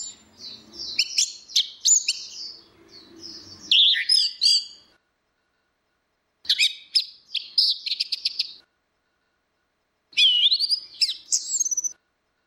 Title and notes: Suara Burung Anis Merah Ngeplong. Masteran Anis Kembang